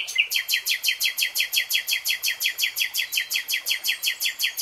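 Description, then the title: Nightingale song: a long, steady burst of sharp repeated notes, loud and rhythmic throughout. Singing, in real time. "[Tiếng chim hót] Nightingale Singing"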